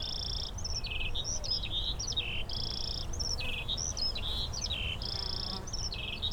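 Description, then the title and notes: Eurasian skylark song, an unbroken run of high warbled phrases mixing quick chirps with steady buzzy trills, over a constant low rumble. Skylarks singing in fields around St. Isidore's wayside shrine, Sosna Góra, Siemianowice Śląskie, Poland; Saturday 18 May 2019; Zoom H5, Audio-Technica BP4025. "Unnamed Road, Siemianowice Śląskie, Polska - skowronek przy kapliczce św. Izydora. Sobota, 18 maja 2019. Wśród pól znajduje się kapliczka świętego Izydora na Sosnej Górze. W polu śpiewają skowronki i brzęczą owady. W tle słychać strzelnicę. Nagrania terenowe Siemianowic Śląskich - Dźwiękowy Portret Miasta"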